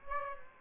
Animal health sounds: mosquito wingbeat signal from an infrared sensor; Aedes aegypti

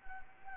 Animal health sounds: mosquito wingbeat signal from an infrared sensor; Anopheles arabiensis

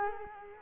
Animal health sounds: mosquito wingbeat signal from an infrared sensor; Culex quinquefasciatus

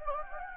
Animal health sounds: mosquito wingbeat signal from an infrared sensor; Anopheles gambiae

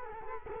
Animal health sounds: mosquito wingbeat signal from an infrared sensor; Culex quinquefasciatus

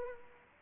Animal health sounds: mosquito wingbeat signal from an infrared sensor; Anopheles arabiensis

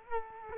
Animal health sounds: mosquito wingbeat signal from an infrared sensor; Culex quinquefasciatus

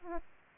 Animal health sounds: mosquito wingbeat signal from an infrared sensor; Aedes aegypti

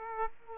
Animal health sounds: mosquito wingbeat signal from an infrared sensor; Aedes aegypti

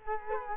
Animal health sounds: mosquito wingbeat signal from an infrared sensor; Culex quinquefasciatus

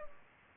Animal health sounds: mosquito wingbeat signal from an infrared sensor; Culex pipiens

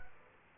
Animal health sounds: mosquito wingbeat signal from an infrared sensor; Aedes aegypti

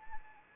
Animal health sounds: mosquito wingbeat signal from an infrared sensor; Anopheles arabiensis

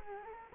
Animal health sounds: mosquito wingbeat signal from an infrared sensor; Anopheles arabiensis

